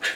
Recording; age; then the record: pig call; piglet (1 to 25 days)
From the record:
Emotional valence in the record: negative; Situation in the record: missed nursing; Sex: male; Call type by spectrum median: low-frequency call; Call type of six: low-frequency modulated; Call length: 0.16 s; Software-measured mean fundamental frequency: 239 Hz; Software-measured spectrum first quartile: 1645 Hz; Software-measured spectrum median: 2186 Hz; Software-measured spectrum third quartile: 3450 Hz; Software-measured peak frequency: 1748 Hz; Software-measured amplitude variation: 134 dB a second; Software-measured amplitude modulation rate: 3.2 a second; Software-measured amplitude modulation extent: 42.2 dB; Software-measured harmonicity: 1.2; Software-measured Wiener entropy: -1.28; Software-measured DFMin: 753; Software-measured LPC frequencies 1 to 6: 683, 1669, 2719, 3403, 3827, 5436 Hz